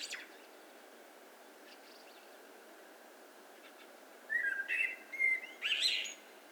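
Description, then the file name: Eurasian blackbird song phrase after a long quiet stretch: whistled notes ending with a short high squeaky flourish, over faint steady background noise. "Turdus merula"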